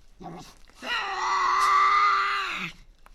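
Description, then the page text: Tasmanian devil giving a drawn-out, harsh, moaning growl lasting about two seconds, after softer grumbling notes. Resident devils in an enclosure at the Devils@Cradle conservation facility, Cradle Mountain, Tasmania, 24 October 2007. "Birdsong for the Curious Naturalist. Tasmanian devil. Inside an enclosure at the world-class conservation facility at Cradle Mountain, Tasmania"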